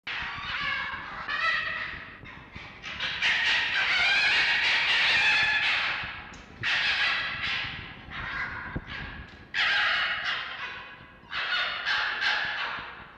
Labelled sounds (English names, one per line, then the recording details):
Red Fox
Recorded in captivity
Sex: male
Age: adult
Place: Zoologisches Institut der HUB, Berlin, DE
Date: 1952-04-02 19:30
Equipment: Elmetra
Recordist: Tembrock, Günter
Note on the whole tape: Jupp: Pfau-Schrei (I,II,III); Franzl (?): helles Keckern; (?): Angstwinseln